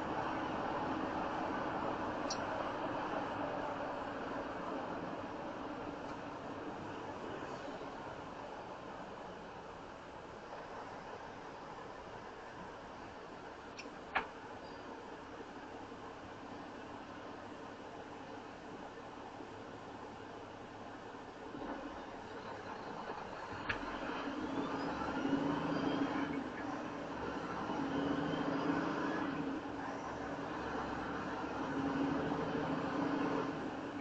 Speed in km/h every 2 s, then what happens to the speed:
69, 66, 55, 47, 37, 31, 16, 8, 0, 0, 0, 0, 11, 15, 16, 19, 23.
0-17 brakes to 0. 17-22 standing. 22-34 pulls away to 23.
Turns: none.